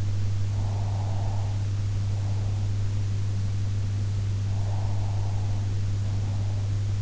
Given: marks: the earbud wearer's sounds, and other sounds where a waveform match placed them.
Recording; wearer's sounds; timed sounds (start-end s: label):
sounds in sleep by an in-ear microphone; breath
0.46-2.63 s: breath
4.40-6.97 s: breath